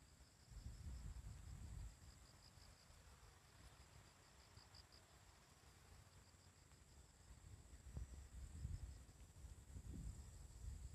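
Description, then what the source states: Bell cricket song, faint high ringing pulses repeated in short bursts over low rumbling noise. Bell crickets chirping on a morning walk along a riverside path; possibly the year's last.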